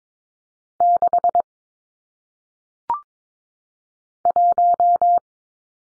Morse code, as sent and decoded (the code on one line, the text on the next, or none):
-.... / .----
6 1